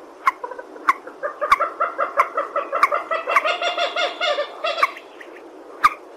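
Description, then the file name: Purple swamphen, a steady series of nasal cackling notes, with single notes before and after. "tieng trich re keu"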